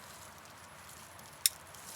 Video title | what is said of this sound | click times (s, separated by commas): Honda Accord 8th Generation Front Bumper Removal & Fog Light DIY | go ahead and plug in your harness until it clicks | 1.5 s